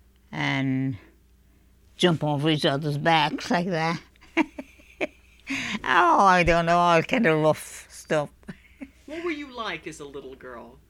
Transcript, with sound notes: and jump over each others' backs like that. ( she laughs ) Oh, I don't know, kind of rough stuff.
What were you like as a little girl?